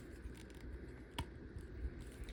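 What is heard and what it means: During transformation of a Transformers Studio Series 86 Thundercracker robot toy, the plastic nose cone is pushed in flush against the top of the torso. A sharp thump at 1.2 s, well above the quiet background handling, signals that the nose cone has locked into place.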